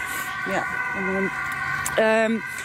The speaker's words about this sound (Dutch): Sorry, er komt even wat verkeer hier langs.